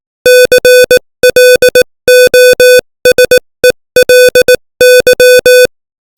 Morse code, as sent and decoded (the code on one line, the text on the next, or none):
-.-. .-.. --- ... . .-.. -.--
CLOSELY